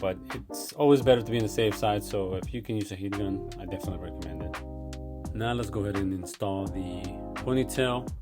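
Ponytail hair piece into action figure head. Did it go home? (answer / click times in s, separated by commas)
no / none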